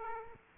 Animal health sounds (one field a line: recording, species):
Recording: mosquito wingbeat signal from an infrared sensor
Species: Aedes aegypti